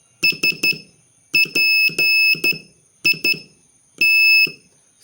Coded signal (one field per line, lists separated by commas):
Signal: Morse code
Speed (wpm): 12 wpm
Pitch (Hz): 2600 Hz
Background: none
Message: SPIT